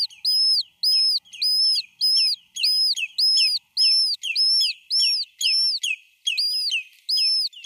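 Lesser yellowlegs chicks giving rapid, repeated high peeps, each note arching up and down, in a steady stream.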